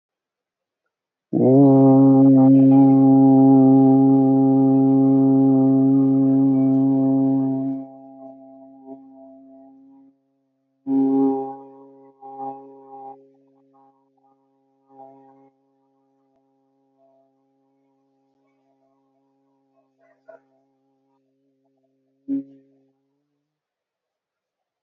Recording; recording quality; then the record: sustained vowel as in boot; excellent, no background noise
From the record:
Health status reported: healthy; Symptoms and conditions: none ticked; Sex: male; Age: 30 years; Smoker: not ticked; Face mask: not worn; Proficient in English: yes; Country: India